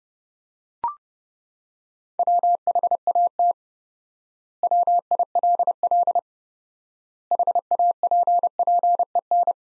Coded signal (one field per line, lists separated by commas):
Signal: Morse code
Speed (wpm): 32 wpm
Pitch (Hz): 700 Hz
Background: none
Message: WHAT WILL HAPPEN